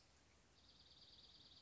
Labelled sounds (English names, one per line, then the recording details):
Dark-eyed Junco
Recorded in Sonoma County, California